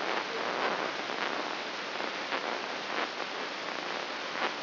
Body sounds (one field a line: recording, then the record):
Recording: brain microelectrode recording played as sound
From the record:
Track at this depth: outside the subthalamic nucleus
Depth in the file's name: 7.86 mm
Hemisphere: left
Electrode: 3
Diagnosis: Parkinson's disease